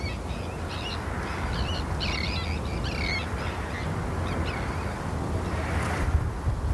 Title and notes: Sound Escape 32: listening to cries of terns from a bird hide at Hodbarrow, Cumbria. Shelter from autumn rain in a wooden bird hide and listen to the exotic cries of terns at RSPB Hodbarrow nature reserve in Cumbria. Recorded by Martin Maudsley